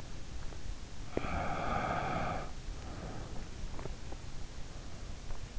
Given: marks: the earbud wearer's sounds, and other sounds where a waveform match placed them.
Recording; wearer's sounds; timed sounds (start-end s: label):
sounds in sleep by an in-ear microphone; teeth grinding, breath
0.00-1.47 s: teeth grinding
1.17-3.61 s: breath
3.67-4.12 s: sound from someone else or the room